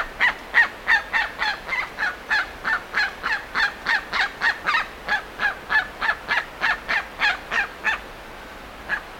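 Bird giving a long run of harsh, buzzy notes about three per second, stopping near the end with one final note.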